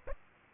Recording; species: mosquito wingbeat signal from an infrared sensor; Aedes aegypti